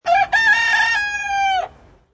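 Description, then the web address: Chicken: rooster crowing once, a loud harsh cock-a-doodle-doo with a short opening note followed by a long sustained drawn-out cry that fades away at the end. Male. "SFXSource AOS Rooster"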